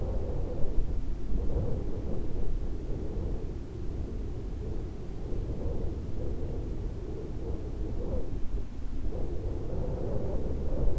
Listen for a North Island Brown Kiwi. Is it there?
no